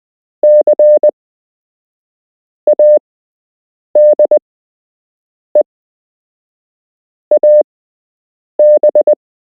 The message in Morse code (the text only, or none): C ADE AB